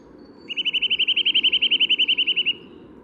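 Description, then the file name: Eurasian nuthatch delivering a rapid rattling series of many short piping notes, evenly spaced over low background noise. "Sitta europaea"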